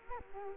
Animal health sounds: mosquito wingbeat signal from an infrared sensor; Culex quinquefasciatus

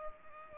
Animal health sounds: mosquito wingbeat signal from an infrared sensor; Culex pipiens

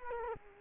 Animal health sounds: mosquito wingbeat signal from an infrared sensor; Culex quinquefasciatus

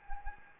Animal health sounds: mosquito wingbeat signal from an infrared sensor; Anopheles gambiae

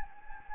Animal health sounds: mosquito wingbeat signal from an infrared sensor; Anopheles gambiae

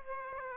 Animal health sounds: mosquito wingbeat signal from an infrared sensor; Aedes aegypti

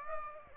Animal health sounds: mosquito wingbeat signal from an infrared sensor; Aedes aegypti

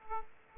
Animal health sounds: mosquito wingbeat signal from an infrared sensor; Aedes aegypti

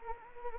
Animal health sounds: mosquito wingbeat signal from an infrared sensor; Anopheles gambiae

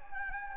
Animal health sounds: mosquito wingbeat signal from an infrared sensor; Anopheles gambiae

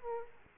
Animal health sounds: mosquito wingbeat signal from an infrared sensor; Aedes aegypti

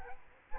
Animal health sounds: mosquito wingbeat signal from an infrared sensor; Aedes albopictus

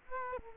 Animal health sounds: mosquito wingbeat signal from an infrared sensor; Culex quinquefasciatus

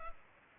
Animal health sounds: mosquito wingbeat signal from an infrared sensor; Culex pipiens

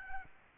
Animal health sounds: mosquito wingbeat signal from an infrared sensor; Aedes albopictus

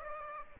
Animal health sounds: mosquito wingbeat signal from an infrared sensor; Aedes aegypti

